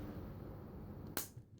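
The robot head of a plastic Takara MP-18B Blue Bluestreak Transformers Masterpiece transforming-car figure is popped out and pushed into the torso until it locks, so the mirrors and chest section will fit correctly. Over a low handling rumble, a single sharp, bright click rings out at 1.2 s, followed by a faint softer knock. The head is seated and locked in place.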